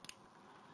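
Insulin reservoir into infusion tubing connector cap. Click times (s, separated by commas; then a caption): 0.0 s, 0.1 s. A plastic insulin reservoir for a Medtronic VEO Sure T infusion set is pressed into the infusion tubing connector cap and given a second quarter turn. A sharp double click sounds at 0.1 s and 0.1 s (0.05 and 0.09 s), then only a faint low hiss remains. The reservoir is seated in place.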